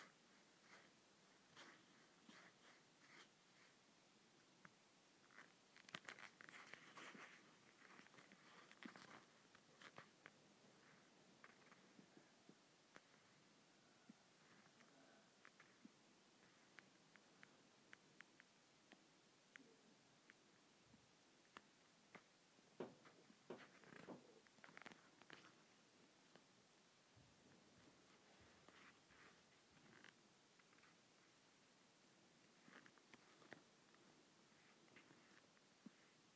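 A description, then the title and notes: Leather being scratched and rubbed, a dry, irregular scraping made of many short strokes and clicks. Denser, brighter bursts come around 6–9 seconds and again near 23–25 seconds, with sparser scratches in between and a quiet, steady floor underneath. ASMR Leather Scratching.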